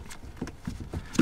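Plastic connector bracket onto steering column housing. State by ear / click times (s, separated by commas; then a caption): not seated / none. A plastic bracket that holds two electrical connectors is handled and slid down onto the steering column housing of an Audi Q7 (4L, 2005–2015) during a clock spring replacement. Soft handling knocks and taps are heard, with the loudest at about 1.2 s. Nothing has seated or clicked yet, and the clip ends before the bracket's side tabs click into place.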